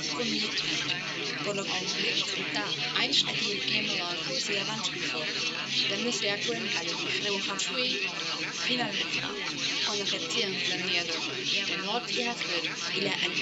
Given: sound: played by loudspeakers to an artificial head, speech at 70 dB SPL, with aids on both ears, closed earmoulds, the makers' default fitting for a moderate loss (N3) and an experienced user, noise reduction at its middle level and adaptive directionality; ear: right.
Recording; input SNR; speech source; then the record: speech test signal (ISTS) in cocktail-party noise; -3 dB; in front (0 degrees)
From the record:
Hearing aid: class 1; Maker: A